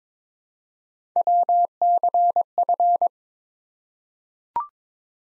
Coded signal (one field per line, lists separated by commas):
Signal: Morse code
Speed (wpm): 21 wpm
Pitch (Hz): 700 Hz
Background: none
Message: WCF